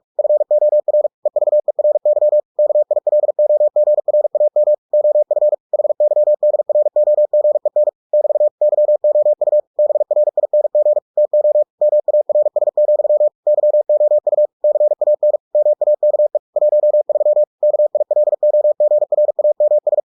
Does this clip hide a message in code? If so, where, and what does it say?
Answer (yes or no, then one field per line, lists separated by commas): yes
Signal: Morse code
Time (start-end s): 0.2-20.0 s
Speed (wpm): 46 wpm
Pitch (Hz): 600 Hz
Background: none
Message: FOR EVERY KILOGRAM OF HYDROGEN <BT> YOU BRING TO MARS, YOU CAN MAKE 13 KILOGRAMS